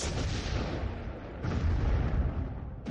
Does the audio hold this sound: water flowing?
no